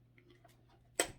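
The locked thread spool pin on a new sewing machine is worked at until it unlocks and lifts up. A faint tick comes at 0.2 s over a low steady hum. A sharp, bright click at 1.0 s marks the pin releasing.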